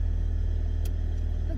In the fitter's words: Okay, heard the click.